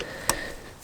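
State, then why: Seated. A small locking tab on top of a fuel pipe quick connector is pushed down after the connector has gone onto the diesel fuel filter housing. It gives one sharp click at 0.3 s, followed by a faint fading ring. The tab locks the connector in place, and no one talks.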